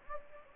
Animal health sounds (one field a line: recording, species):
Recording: mosquito wingbeat signal from an infrared sensor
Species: Anopheles gambiae